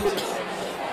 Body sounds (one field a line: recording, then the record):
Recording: coughing mixed with background sound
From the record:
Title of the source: 30 Chesty and wet cough